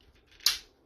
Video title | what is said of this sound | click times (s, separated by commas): Transformers armada cyclonus | And he's going to lock into place | 0.5 s